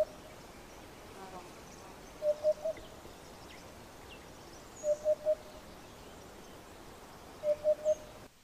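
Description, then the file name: Eurasian hoopoe song: three soft hollow hoots in quick succession, given three times at steady intervals of roughly two and a half seconds, with steady hiss behind. "Abubilla"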